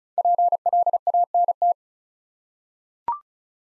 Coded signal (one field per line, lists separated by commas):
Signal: Morse code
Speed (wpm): 36 wpm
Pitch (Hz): 700 Hz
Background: none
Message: PLANT